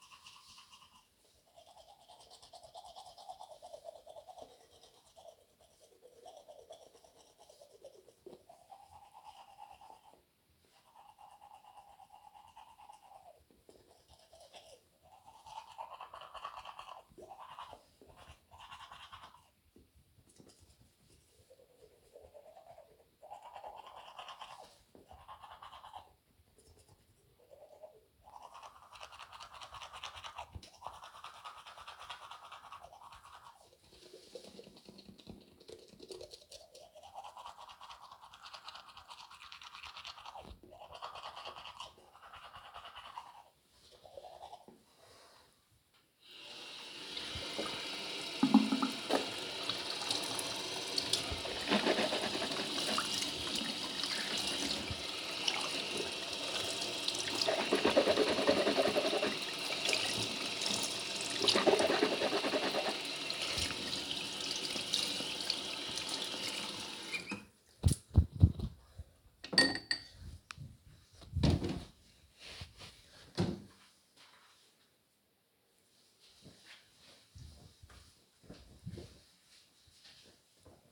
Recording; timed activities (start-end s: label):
household activities, microphone on the right wrist
0.00-68.34 s: brushing teeth